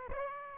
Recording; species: mosquito wingbeat signal from an infrared sensor; Aedes aegypti